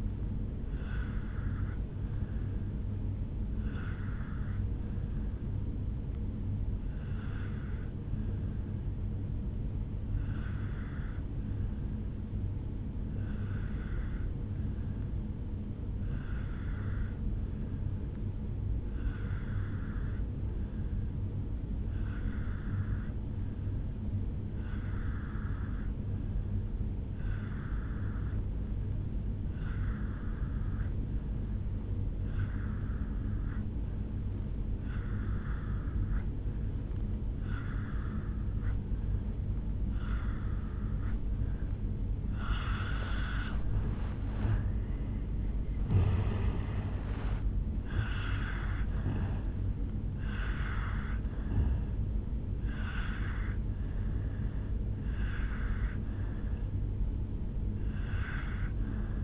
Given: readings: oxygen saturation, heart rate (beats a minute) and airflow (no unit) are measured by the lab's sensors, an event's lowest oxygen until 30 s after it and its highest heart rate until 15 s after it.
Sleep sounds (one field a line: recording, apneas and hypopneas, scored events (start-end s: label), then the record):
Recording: breathing in sleep by a smartphone at the bedside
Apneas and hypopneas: 1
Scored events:
8.00-43.00 s: obstructive apnea (N2, oxygen 97% highest, then 85% lowest, heart rate 56 at the start, 76 highest)
From the record:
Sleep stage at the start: N2 (light sleep)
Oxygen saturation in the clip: 84 to 97%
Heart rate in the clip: 56 to 76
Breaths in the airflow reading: 4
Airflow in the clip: -11.1 to 7.0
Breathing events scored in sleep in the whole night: 449 in 7.0 hours asleep